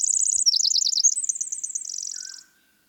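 Winter wren song: rapid high trills shifting into dipping warbled notes and a final buzzy roll, with a faint lower whistle near the end.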